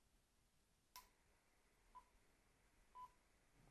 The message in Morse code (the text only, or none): none